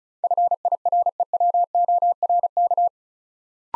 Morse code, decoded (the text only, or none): FIREWORK